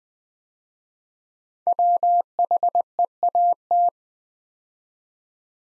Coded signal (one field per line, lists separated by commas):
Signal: Morse code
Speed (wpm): 20 wpm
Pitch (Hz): 700 Hz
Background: none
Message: WHEAT